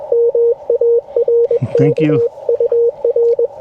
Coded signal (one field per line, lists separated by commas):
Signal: Morse code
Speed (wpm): 21 wpm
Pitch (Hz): 470 Hz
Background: speech, radio noise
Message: MARK UR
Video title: QRP CW POTA with K2 and 40-10 EFHW